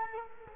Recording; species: mosquito wingbeat signal from an infrared sensor; Culex quinquefasciatus